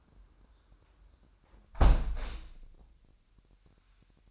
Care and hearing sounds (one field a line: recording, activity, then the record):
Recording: daily activity, microphone in the room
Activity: close window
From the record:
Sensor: 2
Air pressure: 998.5 hPa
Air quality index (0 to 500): 128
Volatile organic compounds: 3 ppm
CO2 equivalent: 1454 ppm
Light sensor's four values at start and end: 6/15/6/7 and 6/14/6/6